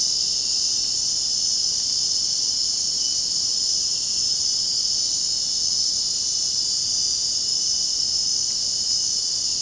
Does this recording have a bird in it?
no